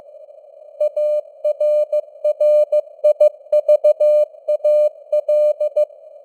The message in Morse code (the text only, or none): ARRIVAL